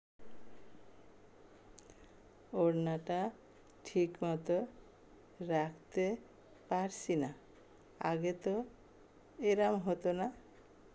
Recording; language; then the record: elicited speech; Bengali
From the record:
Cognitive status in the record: dementia